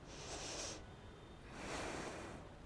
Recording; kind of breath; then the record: one breath in and out by a microphone near the nose and mouth; deep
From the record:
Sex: female